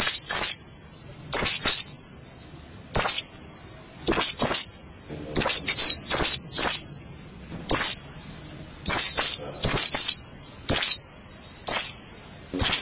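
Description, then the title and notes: White-eye song: bursts of high, thin chirping twitters in short phrases at irregular intervals, with brief pauses between them. "Kicauan Burung Pleci Durasi Panjang. Suara kicauan burung pleci"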